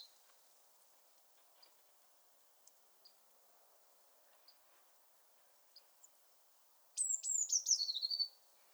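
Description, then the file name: Eurasian blue tit call near the end: high thin notes sliding into a buzzy falling churr, after several seconds of faint ticks and soft hiss. "Cyanistes caeruleus"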